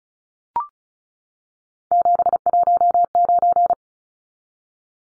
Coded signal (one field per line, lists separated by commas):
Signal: Morse code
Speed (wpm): 34 wpm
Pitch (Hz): 700 Hz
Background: none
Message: 719